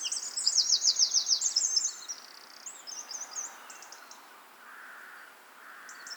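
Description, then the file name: Eurasian wren song opening with a rapid rattling trill, then scattered high twittering notes that fade away, with faint background hiss. "Troglodytes troglodytes"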